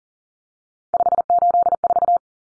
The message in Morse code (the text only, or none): 584